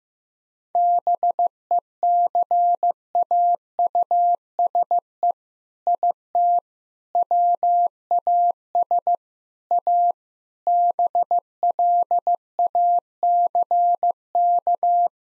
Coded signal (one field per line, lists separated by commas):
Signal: Morse code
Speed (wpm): 15 wpm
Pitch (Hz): 700 Hz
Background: none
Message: BECAUSE IT WAS A BLACK